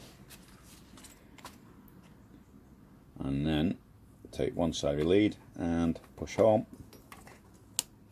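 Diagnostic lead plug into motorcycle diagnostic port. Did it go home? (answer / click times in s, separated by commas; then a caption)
yes / 7.8 s. Someone talks while pushing one side of a map-flashing lead into a motorcycle's diagnostic connector, after removing its waterproof cap, for a Screamin Eagle Stage 1 map install. A sharp click at 7.8 s shows the lead connector has seated in the bike's plug.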